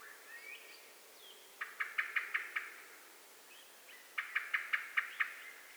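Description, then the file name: Eurasian blackbird calling in two bursts of six sharp chink notes each, with faint notes between. "Turdus merula"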